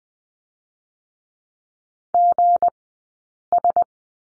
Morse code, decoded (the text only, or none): GS